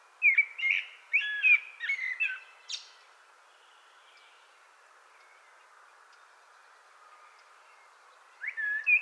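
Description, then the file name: Common blackbird song: a run of fluty, warbled phrases over about two and a half seconds, then a pause of several seconds before another phrase begins. "Turdus merula"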